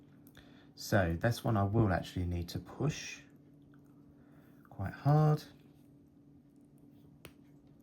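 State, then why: Seated. A plastic ink cartridge is pushed hard by hand onto the section of a fountain pen, a budget imitation of a LAMY Safari, after the barrel failed to seat it. Someone talks before a sharp, loud snap at 7.2 s as the cartridge seats home.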